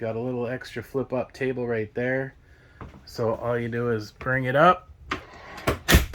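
Someone talks, then lifts the small flip-up table extension on the kitchen counter of a 2024 Glacier 16RD RV into its raised position, producing a series of hard knocks and clicks. The leaf locks into place with a click at 5.7 s.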